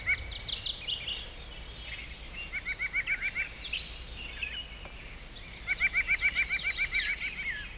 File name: John D Curnow - White-Breasted Nuthatch